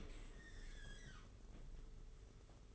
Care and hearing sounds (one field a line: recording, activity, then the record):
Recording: daily activity, microphone in the room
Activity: open dishwasher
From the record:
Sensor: 4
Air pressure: 992.2 hPa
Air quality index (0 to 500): 108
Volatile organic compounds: 17 ppm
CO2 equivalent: 2578 ppm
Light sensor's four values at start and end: 23/78/29/30 and 23/78/29/30